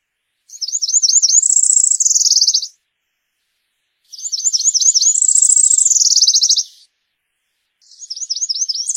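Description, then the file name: Cerulean warbler singing a high, buzzy phrase of quick repeated slurred notes ending in a rapid trill, given twice plus the start of a third, about every three and a half seconds. "Canto da mariquita azul"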